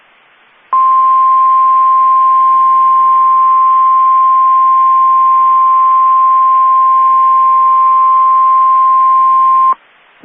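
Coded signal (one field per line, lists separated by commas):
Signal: Emergency Alert System (SAME) tones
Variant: 1050 Hz attention tone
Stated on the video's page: EAS severe thunderstorm warning from weather radio station in Amarillo, Texas.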